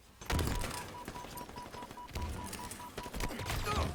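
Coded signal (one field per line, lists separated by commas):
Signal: none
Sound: video game gunfire beeps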